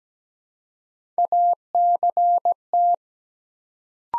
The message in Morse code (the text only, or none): ACT